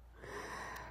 All three Frenchies snoring in concert.